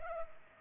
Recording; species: mosquito wingbeat signal from an infrared sensor; Culex pipiens